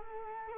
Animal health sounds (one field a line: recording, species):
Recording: mosquito wingbeat signal from an infrared sensor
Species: Culex quinquefasciatus